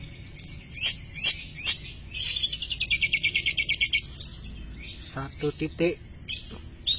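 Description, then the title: Long-tailed shrike singing: scattered sharp high notes, then a rapid even trill lasting about two seconds, followed by lower harsh harmonic calls and more squeaks. Champion bird. "Kicau Burung Cendet Juara"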